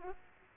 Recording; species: mosquito wingbeat signal from an infrared sensor; Aedes aegypti